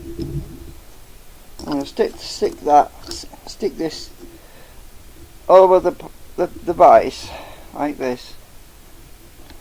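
Someone talks while gently placing the plastic part of a 3D-printed ratchet wrench over the wrench body and lining it up before it is tightened and snapped home. A few brief handling knocks are heard around 0.2, 1.6 and 9.5 seconds. Nothing has snapped or clicked into place yet.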